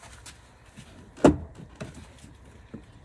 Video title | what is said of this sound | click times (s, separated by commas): 2007-2014 F-150 OE Style Powered Heated Mirror with Amber LED Turn Signal Review & Install | catches and those plastic clips hold just like that. Everything is nice and tight there. | 1.2 s